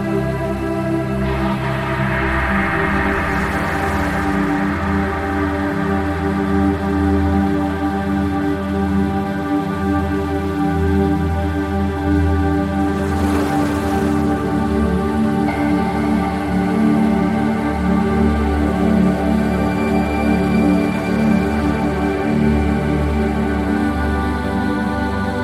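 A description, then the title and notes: Soft, sustained music of layered held tones plays at a steady level, with brief swells of ocean wash around four and thirteen seconds. Soothing Sleep Music with Gentle Ocean Sounds. Gentle and calming music, set against the soothing sounds of the ocean.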